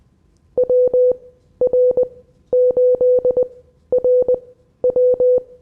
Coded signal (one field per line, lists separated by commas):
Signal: Morse code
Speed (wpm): 20 wpm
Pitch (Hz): 500 Hz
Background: none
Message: WR8RW